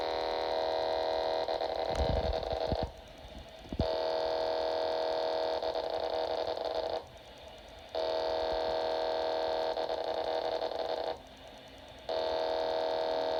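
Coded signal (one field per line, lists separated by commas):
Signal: unidentified radio signal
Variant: AM pager data bursts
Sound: three harsh buzzing data bursts, about 3 seconds each, with brief quiet gaps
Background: radio static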